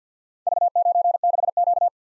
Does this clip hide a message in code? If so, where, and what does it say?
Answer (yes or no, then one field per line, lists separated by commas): yes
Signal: Morse code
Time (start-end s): 0.5-1.9 s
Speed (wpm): 52 wpm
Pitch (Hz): 700 Hz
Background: none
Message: V96Q